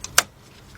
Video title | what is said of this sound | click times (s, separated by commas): 2007-2017 Lexus LS460 Starter Replacement - Part 2 | Clicks, done. | 0.2 s